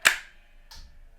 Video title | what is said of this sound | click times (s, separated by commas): How To Play Black Dog by Led Zeppelin - Guitar Riff Lesson - Free Tabs Download | satisfying click. | 0.1 s